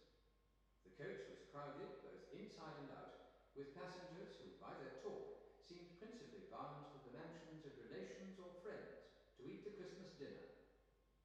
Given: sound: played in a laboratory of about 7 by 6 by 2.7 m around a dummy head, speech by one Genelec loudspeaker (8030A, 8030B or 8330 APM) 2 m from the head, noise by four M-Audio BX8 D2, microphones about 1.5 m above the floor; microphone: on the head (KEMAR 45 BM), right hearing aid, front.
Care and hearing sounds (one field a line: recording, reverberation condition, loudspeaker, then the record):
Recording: male speech in English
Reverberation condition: high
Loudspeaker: 60 degrees to the left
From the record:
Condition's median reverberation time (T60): about 1300 ms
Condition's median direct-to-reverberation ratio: about -4.0 dB